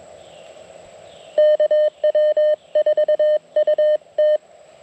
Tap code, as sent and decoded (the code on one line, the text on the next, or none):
none